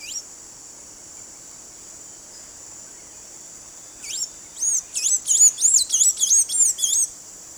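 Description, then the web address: Blue-gray Tanager singing a rapid, squeaky series of high, wavering notes after a few seconds of quiet, with a steady shrill insect drone throughout. Song; eastern lowlands of South America. "Natures Songs S America Eastern Lowlands. Thraupis episcopus, song"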